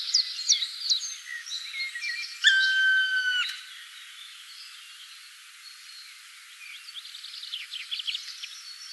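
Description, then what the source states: Black woodpecker call: one drawn-out, even, whistled note lasting about a second, among many high chirps and twitters from small birds. Recorded on 4 July 2013.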